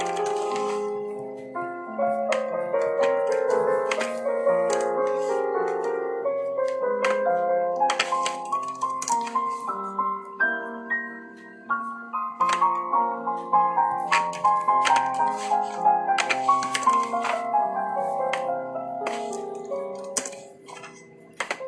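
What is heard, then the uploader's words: Soft piano music plays throughout, a gentle melody of sustained notes in the middle register that rises higher after the halfway point. Frequent light ticks and taps, like typing or a pencil, scatter across the music, clustering more densely in the second half. Soft piano music. Pencil, flipping pages and typing ASMR. There's sound of typing on the keyboard and stuff.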